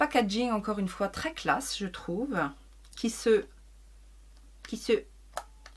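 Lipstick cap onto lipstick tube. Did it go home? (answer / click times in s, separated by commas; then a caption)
yes / 5.4 s. Someone talks, then a plastic lipstick cap is pressed onto its lipstick tube and clips shut with a sharp snap at 5.4 s, followed by a quieter tick at about 5.7 s. The cap is seated and closed.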